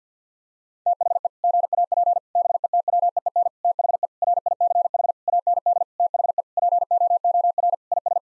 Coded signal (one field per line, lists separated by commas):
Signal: Morse code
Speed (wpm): 50 wpm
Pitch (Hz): 700 Hz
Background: none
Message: THE GAP BETWEEN THE RICH AND THE POOR IS